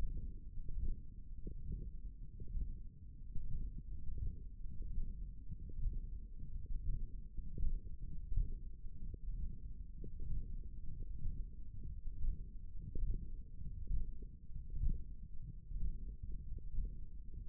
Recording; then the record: forearm muscle sounds (acoustic myography)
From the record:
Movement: hook grip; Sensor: system 1, eight BSWA MPA416 microphones around the upper forearm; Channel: 1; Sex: male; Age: 23 years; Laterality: right